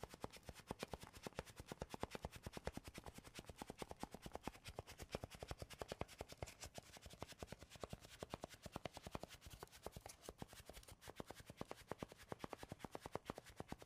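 Rapid tapping and scratching on wood, cork or cardboard, with sharp clicks coming about eight to ten times a second in a steady, even rhythm for the whole stretch. Each tap is crisp and bright with a dull knock underneath, and no voice is heard.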